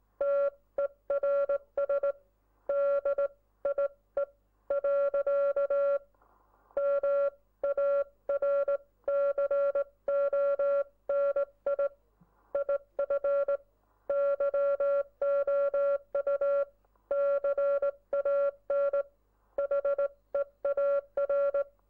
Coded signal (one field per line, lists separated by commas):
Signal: Morse code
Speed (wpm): 19 wpm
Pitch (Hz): 560 Hz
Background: none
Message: TERS DIE. MARCONI IF YOU CAN HEAR